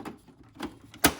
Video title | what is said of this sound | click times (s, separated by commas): Canon TR4520 All in one Printer Unboxing Review 2020 - Ray's Review"s | like that i'll snap right in and then the black ink next which is | 1.1 s